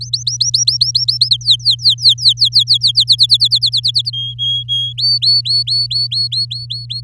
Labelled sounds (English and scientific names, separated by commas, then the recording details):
Domestic Canary (Serinus canaria) song
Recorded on 6 May 2018 at 06:05
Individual llb16